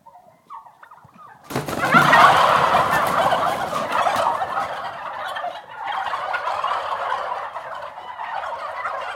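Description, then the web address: Turkeys gobbling: after a quiet opening with a faint call, a sudden loud burst of many overlapping rattling gobbles erupts and continues as a dense chorus that slowly eases. Six-month-old turkeys, mostly stags (males), startled, recorded indoors. "turkeys interior six month old turkeys mostly stags males startled"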